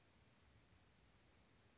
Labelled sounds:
Western Flycatcher (Empidonax difficilis)
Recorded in Sonoma County, California

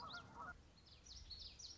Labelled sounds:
Common Yellowthroat (Geothlypis trichas)
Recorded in Sonoma County, California

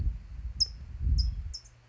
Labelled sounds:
California Towhee (Melozone crissalis)
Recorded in Sonoma County, California

